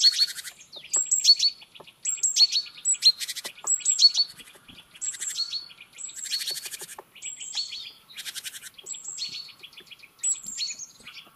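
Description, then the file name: Great tit calls, repeated bursts of high whistled chirps mixed with harsh buzzy rattles, coming roughly once a second throughout. "Parus major"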